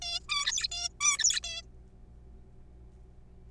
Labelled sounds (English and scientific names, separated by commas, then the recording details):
Zebra Finch (Taeniopygia guttata)
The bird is a juvenile
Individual R3428